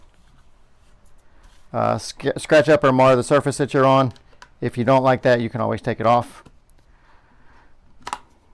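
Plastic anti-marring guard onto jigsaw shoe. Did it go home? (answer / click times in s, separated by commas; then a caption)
yes / 8.1 s. Someone talks, then a plastic anti-marring guard is pressed back onto the metal shoe of a Milwaukee M18 Fuel brushless D-handle cordless jigsaw. It snaps into place with a quick double click at 8.1 s and 8.1 s, and the guard is seated.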